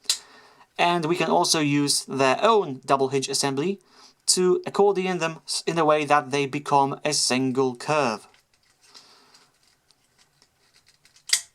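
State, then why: Seated. Someone talks while folding the plastic panels of a Deluxe Premier Edition Bumblebee transforming toy car from The Last Knight accordion-style on their double hitch assembly into a single curve. After the talking stops, faint handling ticks are heard. A sharp click at 11.3 s marks the panels snapping and locking into place.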